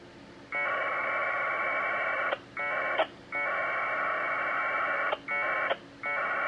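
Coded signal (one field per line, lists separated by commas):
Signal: packet radio (AX.25, as in APRS)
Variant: 1200 baud Bell 202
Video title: NinoTNC N9600A - 1200 Baud Bell 202 AX25 Winlink Client Test - W8CMN Mi7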